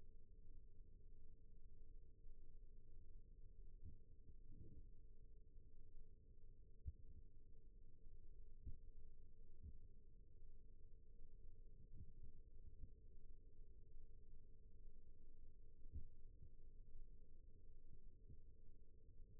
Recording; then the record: forearm muscle sounds (acoustic myography)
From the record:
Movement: rest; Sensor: system 1, eight BSWA MPA416 microphones around the upper forearm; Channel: 3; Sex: female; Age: 20 years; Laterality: right